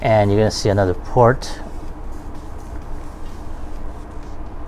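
A plastic accessory peg is lined up with a port on a plastic Transformers Siege War For Cybertron Trilogy action figure (Soundblaster and Bluestreak) before being slid in. Someone talks briefly at the start, followed by a steady low background hum. Nothing has seated or clicked yet.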